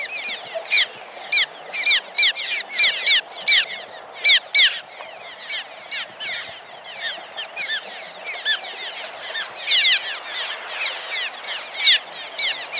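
Cliff swallows calling from a busy flock, many overlapping squeaky downslurred chirps in dense chatter.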